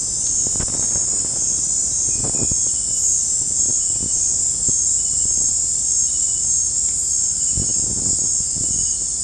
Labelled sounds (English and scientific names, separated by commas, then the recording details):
none
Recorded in dense forest near Puerto Asís, Putumayo, Colombia, on 26 December 2024 at 19:30
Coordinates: 0.481, -76.323
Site G100